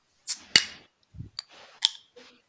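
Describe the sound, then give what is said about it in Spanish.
A small beer bottle (a botellín, not a can) being opened: a series of sharp metallic clicks and pops, with a brief low thud and a short fizzy hiss trailing between the snaps. No one speaks. “¿Era lata o no era lata? No, era el botellín.”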